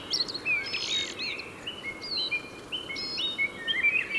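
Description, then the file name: Common blackbird singing short fluty whistles, level and slightly rising, repeated in a series, over a constant hiss. "Turdus merula"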